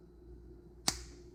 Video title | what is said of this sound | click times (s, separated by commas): slash unassembled kit build (Part 2) | looks like we grab one of these and it should snap into place it shows the snapping noise so let's try that there | 0.9 s